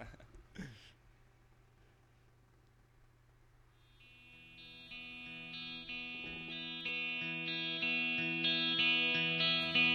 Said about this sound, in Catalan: Són els …, amb el tema homònim del disc … del 2003.